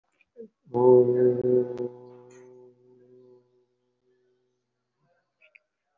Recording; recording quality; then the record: sustained vowel as in boot; excellent, no background noise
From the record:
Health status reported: respiratory illness, not identified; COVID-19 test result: negative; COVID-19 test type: RT-PCR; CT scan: not taken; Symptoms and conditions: cold, breathing difficulty, sore throat, asthma, another respiratory illness, another condition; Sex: male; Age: 39 years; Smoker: no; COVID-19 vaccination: one dose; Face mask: worn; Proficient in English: no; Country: India